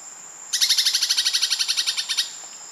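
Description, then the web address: Immaculate Antbird chattering call, a fast harsh rattle of about seventeen buzzy notes lasting under two seconds, over a steady high hiss. Ecuador. "Natures Songs S America Birds of Ecuador Immaculate Antbird"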